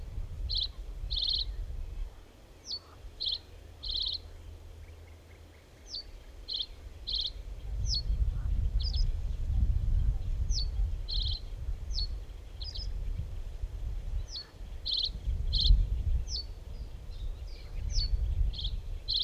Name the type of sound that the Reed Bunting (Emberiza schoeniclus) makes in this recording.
song